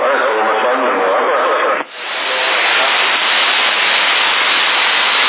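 A CB radio transmission in Sassari, January 2013, with too much echo effect: a dense, muffled wash of hissing static that briefly cuts out just before two seconds, then swells back to a steady rush.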